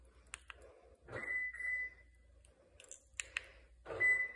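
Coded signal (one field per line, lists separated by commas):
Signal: beep code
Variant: Toyota car key fob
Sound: mechanical clicks, then a steady high beep, more clicks, another beep cut off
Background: low hum, small room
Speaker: it's the key fob and now i'm going to show you the sounds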